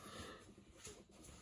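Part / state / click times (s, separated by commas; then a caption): battery pack into back of handheld radio / not seated / none. A battery pack is handled against the back of a Kenwood TH-D75E handheld VHF/UHF transceiver, making low, continuous rustling and scraping with soft bumps around 0.2 s and 0.9 s. The pack has not clipped or seated yet.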